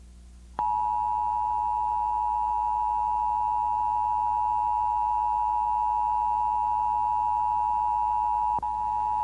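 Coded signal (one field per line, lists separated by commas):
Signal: Emergency Alert System (SAME) tones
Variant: 853 and 960 Hz attention tone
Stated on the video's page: Illinois required monthly test captured during a TV broadcast of Theodore Tugboat.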